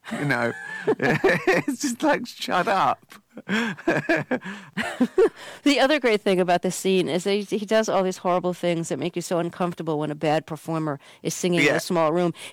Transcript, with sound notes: You know?
(LAUGHTER)
It's just, like, shut up.
(LAUGHTER)
The other great thing about this scene is he does all these horrible things that make you so uncomfortable when a bad performer is singing...
Yeah.
...In a small room.